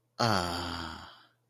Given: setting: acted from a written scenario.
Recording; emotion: vocal sound without words; serenity